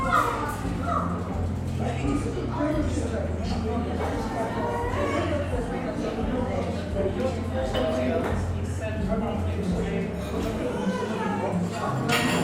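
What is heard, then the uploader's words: Lively chatter fills a seaside-town coffee shop, many overlapping voices blending into a steady murmur throughout. A low, constant hum runs underneath, and brief bright clinks, likely cups, surface now and then, with a sharper one near the end. Cozy Coffee Shop Ambiance. The bustling ambiance of an English seaside town coffee shop. This binaural field recording captures the vibrant atmosphere of a busy coffee shop.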